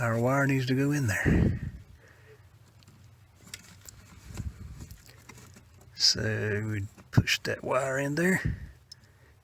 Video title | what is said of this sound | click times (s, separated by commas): 2017 RAM 1500 Remote Start Install | here a little click | 8.9 s